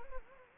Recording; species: mosquito wingbeat signal from an infrared sensor; Anopheles gambiae